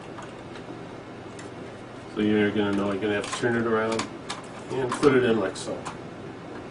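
A plastic saddle-stitch staple cartridge for a copier finisher is turned around to the correct orientation and handled toward its slot, after a backwards insertion would not go in. Someone talks over faint handling noise. Nothing has seated or clicked yet.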